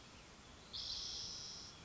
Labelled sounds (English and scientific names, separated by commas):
Spotted Towhee (Pipilo maculatus)